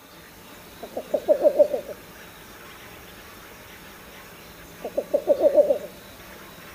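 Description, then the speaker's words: Least Bittern soft cooing song: two short low series of several quick pulsing coo notes, roughly four seconds apart. Male giving a soft, subdued cooing song from a concealed location to attract mates; wetland bird. "The male gives a soft cooing call from a concealed location in order to attract its mates."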